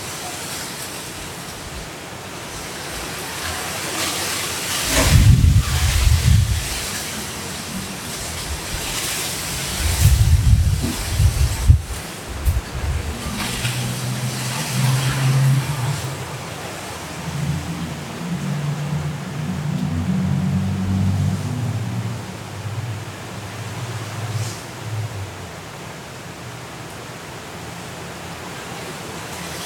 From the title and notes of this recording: Hurricane Kay in Los Cabos at Midnight. The hurricane didn't hit the city, but we recorded the sound of the wind, rain and city.